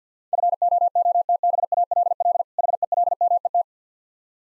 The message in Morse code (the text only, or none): FOOTBALL HELMET